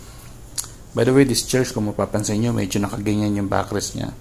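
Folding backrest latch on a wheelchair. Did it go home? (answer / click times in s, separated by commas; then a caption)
yes / 0.6 s. The folding backrest of a TiLite TR wheelchair is raised until its latch clicks, with a short, sharp click at 0.6 s as it locks into place. Someone then talks over the rest of the clip.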